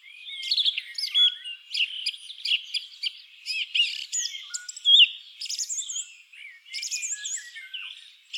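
Song thrush delivering a rapid run of varied high notes: clipped chirps, short whistles and looping slurs, with almost continuous phrasing and few pauses.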